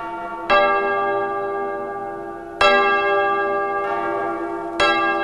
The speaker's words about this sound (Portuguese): Acha aquele sino ali, porque hoje é o dia de tocar aquele sino.